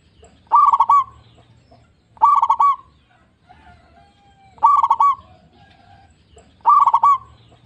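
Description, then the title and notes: Zebra dove song: four loud, rippling cooing phrases of rapid linked notes, repeated roughly every two seconds, with soft background rumble. Local strain, singing actively, with a loud, clear, crystal-like voice. "PERKUTUT LOKAL GACOR Suara KRISTAL LANTANG. Kicau Burung Perkutut"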